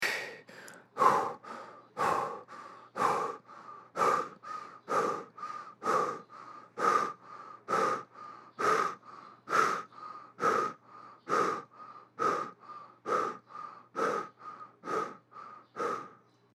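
Quick, fast, regular, audible breathing in an adult, with strong airy breaths alternating with softer ones at roughly one breath per second, about 60 a minute. This is rapid, panting-like breathing (tachypnea), far faster than a resting adult rate.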